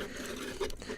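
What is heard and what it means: The plastic shield of an RG Sinanju model kit is fitted onto the kit's forearm by its two tiny tabs after a search for the one spot where it holds. Soft scraping and pattering of plastic shifting is followed by sharp clicks at 0.7 s and 0.8 s as the tabs clip into the forearm, and the shield is seated.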